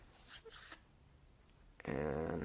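A barrel bushing is handled as it goes back over the barrel of an M45A1 pistol slide during reassembly, with soft rustling and scraping in the first 0.75 seconds before a quiet stretch. Near the end, someone talks. The bushing has not snapped into place yet; nothing has seated or clicked.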